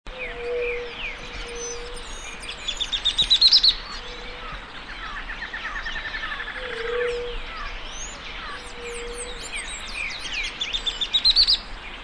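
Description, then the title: Bird song with fast chirping trills rising to high notes in bursts, over a low repeated hoot and constant background noise. "LuckyPassaro Completos2Sama"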